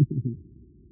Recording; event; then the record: neck accelerometer signal played as sound; no cough (speech, laughter, throat clearing or background)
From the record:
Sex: male